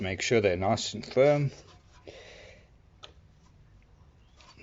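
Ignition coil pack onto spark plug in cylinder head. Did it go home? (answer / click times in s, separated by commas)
yes / 3.0 s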